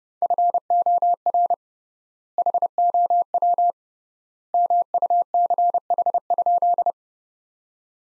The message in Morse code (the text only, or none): FOR HOW MUCH?